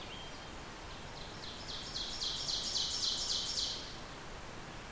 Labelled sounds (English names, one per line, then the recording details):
Ovenbird song
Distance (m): 50 m
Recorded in boreal forest in Alberta, Canada, on 14 June 2016 at 06:27
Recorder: SongMeter 3, array SBT-3-33
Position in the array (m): 126 m, 36 m
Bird 21